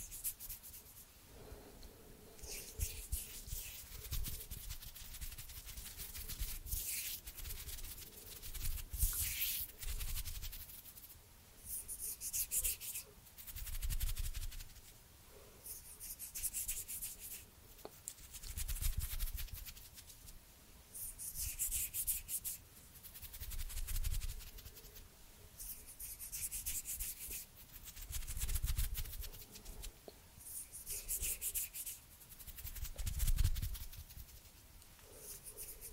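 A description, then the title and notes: Hands rub and move in slow, soft strokes, each swish rising and fading every couple of seconds in a loose, uneven rhythm. The rubbing has a dry, papery hiss with some low thumping underneath. A faint steady hum sits in the background throughout. Cozy hand sounds and movements.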